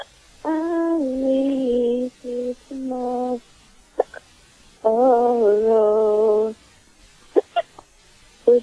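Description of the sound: An adult's voice is heard in stretches of steady voiced sound, with about five abrupt, very short gulping bursts, each a sudden catch cut off at once, falling between and after them. These sharp isolated catches are hiccups.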